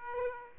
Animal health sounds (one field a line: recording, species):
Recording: mosquito wingbeat signal from an infrared sensor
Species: Aedes aegypti